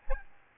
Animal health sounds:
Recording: mosquito wingbeat signal from an infrared sensor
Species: Aedes albopictus

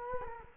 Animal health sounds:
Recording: mosquito wingbeat signal from an infrared sensor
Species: Culex quinquefasciatus

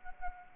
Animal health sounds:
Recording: mosquito wingbeat signal from an infrared sensor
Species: Anopheles arabiensis

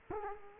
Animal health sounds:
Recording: mosquito wingbeat signal from an infrared sensor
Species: Culex quinquefasciatus

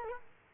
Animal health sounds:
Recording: mosquito wingbeat signal from an infrared sensor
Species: Culex quinquefasciatus

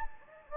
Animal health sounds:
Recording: mosquito wingbeat signal from an infrared sensor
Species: Anopheles gambiae

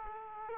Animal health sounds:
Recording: mosquito wingbeat signal from an infrared sensor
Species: Aedes aegypti

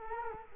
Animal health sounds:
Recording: mosquito wingbeat signal from an infrared sensor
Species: Culex quinquefasciatus

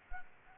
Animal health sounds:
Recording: mosquito wingbeat signal from an infrared sensor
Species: Anopheles gambiae

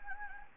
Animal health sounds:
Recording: mosquito wingbeat signal from an infrared sensor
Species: Anopheles gambiae

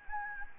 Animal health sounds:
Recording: mosquito wingbeat signal from an infrared sensor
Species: Anopheles gambiae

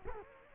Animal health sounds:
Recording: mosquito wingbeat signal from an infrared sensor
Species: Culex quinquefasciatus

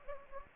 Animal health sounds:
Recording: mosquito wingbeat signal from an infrared sensor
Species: Anopheles gambiae

